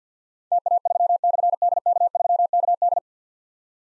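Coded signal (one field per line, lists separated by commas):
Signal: Morse code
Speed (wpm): 50 wpm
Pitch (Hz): 700 Hz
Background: none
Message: TA3/DK3KD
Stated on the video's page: Morse code drill at 50 wpm of difficult callsigns with slashes, each sent, spoken, then sent again, for keyboard or pencil copy.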